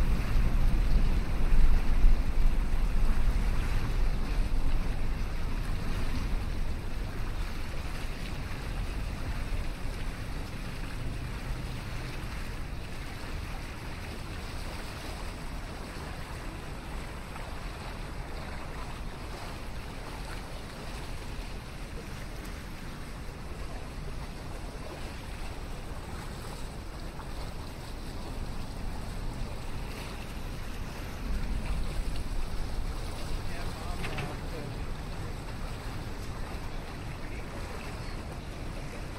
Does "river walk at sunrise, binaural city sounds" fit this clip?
yes